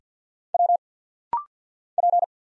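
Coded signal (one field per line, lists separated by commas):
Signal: Morse code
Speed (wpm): 50 wpm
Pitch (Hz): 700 Hz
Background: none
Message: W P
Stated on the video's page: Rapid-fire single-letter instant character recognition drill at 50 wpm, each letter sent in Morse, spoken, then sent again.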